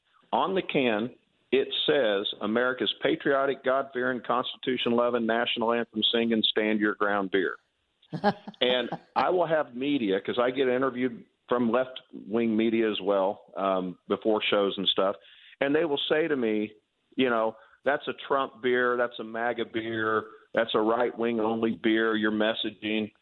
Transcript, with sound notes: On the can, it says, "America's patriotic, God-fearing, Constitution-loving, national anthem singing, stand-your-ground beer."
(laughs)
And I will have media, 'cause I get interviewed from left-wing media as well, um, before shows and stuff. And they will say to me, you know, "That's a Trump beer, that's a MAGA beer, that's a right-wing-only beer. You're messaging..."